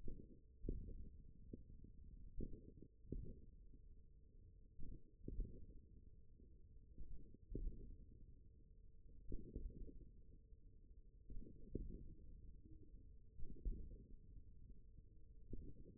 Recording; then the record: forearm muscle sounds (acoustic myography)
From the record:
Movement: index flexion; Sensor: system 1, eight BSWA MPA416 microphones around the upper forearm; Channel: 3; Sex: male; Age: 41 years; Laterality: right